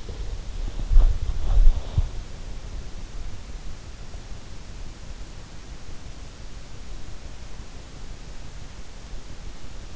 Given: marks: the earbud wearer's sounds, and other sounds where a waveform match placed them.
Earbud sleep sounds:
sounds in sleep by an in-ear microphone; body movement
0.00-2.28 s: body movement

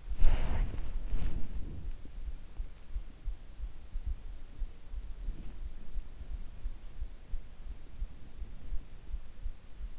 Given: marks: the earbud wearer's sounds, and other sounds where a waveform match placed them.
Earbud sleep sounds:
sounds in sleep by an in-ear microphone; body movement
0.00-1.88 s: body movement

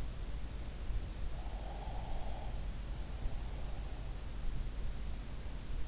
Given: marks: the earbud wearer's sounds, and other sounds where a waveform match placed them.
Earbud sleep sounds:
sounds in sleep by an in-ear microphone; breath
1.42-4.62 s: breath

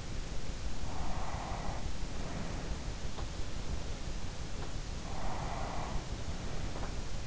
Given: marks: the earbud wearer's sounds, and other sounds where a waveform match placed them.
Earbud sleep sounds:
sounds in sleep by an in-ear microphone; breath
0.69-2.83 s: breath
5.06-7.00 s: breath

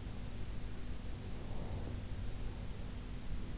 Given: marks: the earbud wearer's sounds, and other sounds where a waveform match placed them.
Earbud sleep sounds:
sounds in sleep by an in-ear microphone; breath
1.14-3.14 s: breath

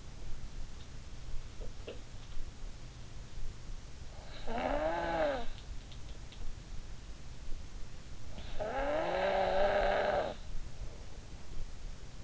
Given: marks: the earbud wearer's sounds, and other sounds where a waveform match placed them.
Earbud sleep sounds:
sounds in sleep by an in-ear microphone; snoring breath
1.50-2.05 s: sound from someone else or the room
4.03-5.56 s: snoring breath
8.25-11.63 s: snoring breath

